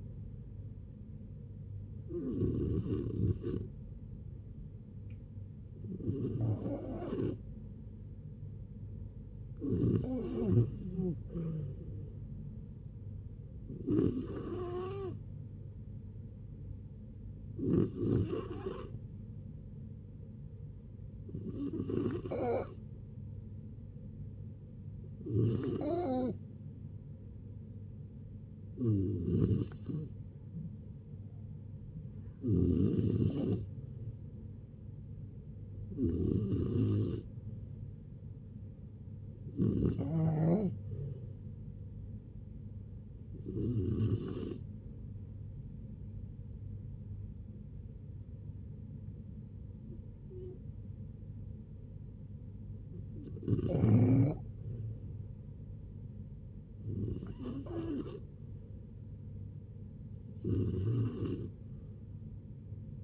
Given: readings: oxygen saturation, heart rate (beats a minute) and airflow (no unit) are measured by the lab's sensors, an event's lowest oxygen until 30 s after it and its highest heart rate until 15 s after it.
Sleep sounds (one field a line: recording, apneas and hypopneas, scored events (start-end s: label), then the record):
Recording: a person awake in a sleep study, by a smartphone at the bedside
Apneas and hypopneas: none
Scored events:
0.00-63.04 s: awake
0.00-63.04 s: awake
From the record:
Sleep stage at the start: awake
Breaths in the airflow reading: 22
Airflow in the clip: -0.8 to 0.7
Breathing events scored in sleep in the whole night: 496 in 5.4 hours asleep